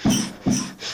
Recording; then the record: coughing mixed with background sound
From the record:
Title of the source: Spring Cold Coughing 3